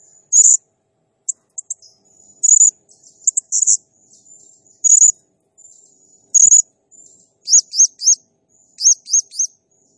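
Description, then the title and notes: Blue-crowned hanging parrot song, shrill high chirps and short trills, ending with quick squeaky notes given in threes. Singing energetically (gacor, nembak style); recording meant as masteran and lure (pemikat) for other birds. "Burung Serindit Nembak Gacor Bikin Emosi Semua Burung. Suara Nasteran Dan Pemikat Burung Serinditan Gacor"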